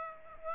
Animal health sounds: mosquito wingbeat signal from an infrared sensor; Aedes aegypti

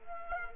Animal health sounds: mosquito wingbeat signal from an infrared sensor; Culex quinquefasciatus

